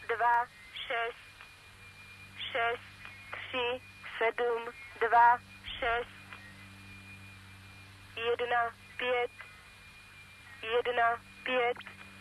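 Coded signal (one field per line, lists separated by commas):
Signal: numbers station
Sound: a voice reading short, evenly spaced single words in groups over a faint steady tone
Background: radio hum and hiss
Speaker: that is an example of a number station broadcast and those you admit they it's kind of weird sounding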